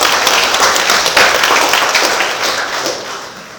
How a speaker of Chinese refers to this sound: 大家掌声鼓励一下。